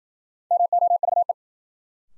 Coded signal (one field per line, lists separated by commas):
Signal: Morse code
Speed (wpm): 53 wpm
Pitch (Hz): 700 Hz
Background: none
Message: MOVE